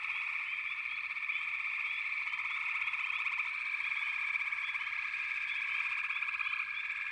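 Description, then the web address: Frog chorus, a dense steady trilling hum from many callers, dotted with short upward chirping notes. A chorus of frogs calling together. "The Natural Sounds of the Wilderness. Echoes of Nature - Frog Chorus"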